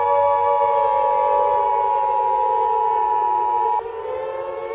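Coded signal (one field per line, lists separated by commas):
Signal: Emergency Alert System (SAME) tones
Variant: 853 and 960 Hz attention tone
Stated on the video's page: Fictional dinosaur scenario using valid EAS tones; not a real alert.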